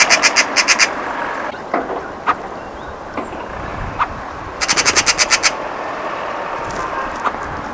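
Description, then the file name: Eurasian magpie chattering in two harsh, rapid rattling bursts, one at the start and another midway, with scattered sharp clicks and a steady background hiss between them. "Pica pica"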